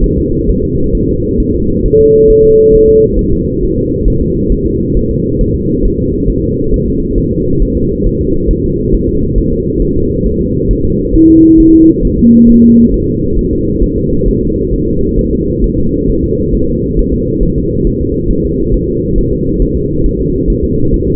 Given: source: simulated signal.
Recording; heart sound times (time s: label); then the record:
fetal heart sounds
0.04 s: S1
0.18 s: S2
0.49 s: S1
0.64 s: S2
0.95 s: S1
1.09 s: S2
1.40 s: S1
1.55 s: S2
1.85 s: S1
2.00 s: S2
2.30 s: S1
2.45 s: S2
2.75 s: S1
2.89 s: S2
3.19 s: S1
3.33 s: S2
3.63 s: S1
3.78 s: S2
4.08 s: S1
4.22 s: S2
4.52 s: S1
4.67 s: S2
4.97 s: S1
5.11 s: S2
5.41 s: S1
5.56 s: S2
5.85 s: S1
6.00 s: S2
6.29 s: S1
6.44 s: S2
6.74 s: S1
6.88 s: S2
7.18 s: S1
7.32 s: S2
7.62 s: S1
7.77 s: S2
8.07 s: S1
8.21 s: S2
8.51 s: S1
8.65 s: S2
8.95 s: S1
9.09 s: S2
9.38 s: S1
9.53 s: S2
9.82 s: S1
9.97 s: S2
10.26 s: S1
10.41 s: S2
10.71 s: S1
10.85 s: S2
11.15 s: S1
11.30 s: S2
11.60 s: S1
11.74 s: S2
12.05 s: S1
12.19 s: S2
12.49 s: S1
12.64 s: S2
12.94 s: S1
13.09 s: S2
13.39 s: S1
13.53 s: S2
13.83 s: S1
13.98 s: S2
14.28 s: S1
14.43 s: S2
14.73 s: S1
14.88 s: S2
15.19 s: S1
15.33 s: S2
15.64 s: S1
15.79 s: S2
16.09 s: S1
16.24 s: S2
16.55 s: S1
16.69 s: S2
16.99 s: S1
17.14 s: S2
17.43 s: S1
17.58 s: S2
17.87 s: S1
18.01 s: S2
18.31 s: S1
18.45 s: S2
18.74 s: S1
18.89 s: S2
19.18 s: S1
19.33 s: S2
19.62 s: S1
19.77 s: S2
20.06 s: S1
20.21 s: S2
20.50 s: S1
20.64 s: S2
20.94 s: S1
21.08 s: S2
From the record:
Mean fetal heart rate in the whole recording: 135 bpm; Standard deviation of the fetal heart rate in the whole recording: 3 bpm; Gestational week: 36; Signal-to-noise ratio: -15.3 dB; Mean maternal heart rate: 72 bpm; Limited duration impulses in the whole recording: present